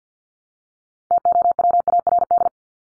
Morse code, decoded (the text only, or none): TOWARD